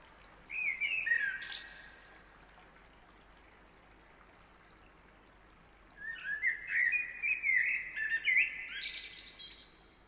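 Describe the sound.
Bird song: a short warbled phrase, then after a four-second pause a longer run of chirpy, slurred notes with a few high ticks.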